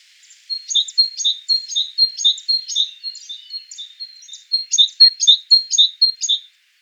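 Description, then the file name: Great tit delivering a long, even run of bright two-note phrases, each high note followed by a slightly lower one, repeated without a break. "Parus major"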